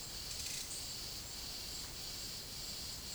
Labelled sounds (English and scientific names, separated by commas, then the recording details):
none
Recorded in secondary vegetation near Puerto Asís, Putumayo, Colombia, on 22 December 2024 at 13:00
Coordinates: 0.489, -76.322
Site G059